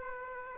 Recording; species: mosquito wingbeat signal from an infrared sensor; Aedes aegypti